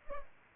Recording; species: mosquito wingbeat signal from an infrared sensor; Culex pipiens